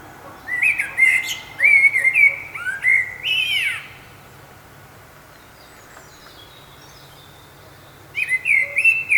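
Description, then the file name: Common blackbird song: a long mellow warbling phrase with a squeaky, slurred finish, a pause of about four seconds, then another phrase begins. "Turdus merula"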